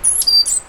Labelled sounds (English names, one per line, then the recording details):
Stitchbird song
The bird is a male
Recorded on Tiritiri Matangi Island, New Zealand, in 2005
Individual 1, of nest box 1